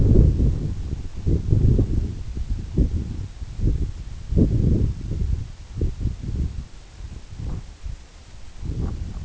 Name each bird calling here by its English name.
none